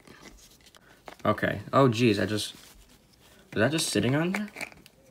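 A plastic action figure head is handled near its neck joint while someone talks, with faint, sharp handling ticks between the words. Nothing has seated or clicked yet; the head is not yet back on the neck joint.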